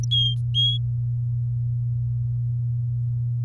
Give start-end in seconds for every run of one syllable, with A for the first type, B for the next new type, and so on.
0.11-0.78 A